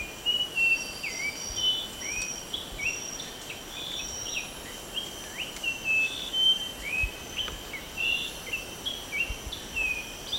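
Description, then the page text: White-throated babbler giving many short whistled notes, some upslurred, in a lively irregular chatter against a continuous high-pitched insect buzz. Recorded at Sungai Wain, Borneo, on 1 March 2007. "Sound of White-throated Babbler at Sungai Wain by BOORSMA, Tjalle"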